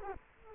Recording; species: mosquito wingbeat signal from an infrared sensor; Culex quinquefasciatus